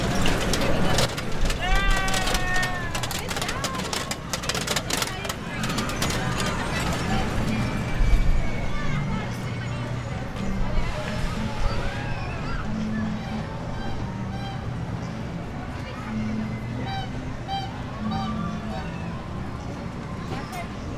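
An urban soundscape with a steady low hum of traffic or engines underneath a busy layer of voices talking. Sharp clatters and knocks crowd the first eight seconds, then the scene settles into continuous chatter and bird-like chirps over the droning background.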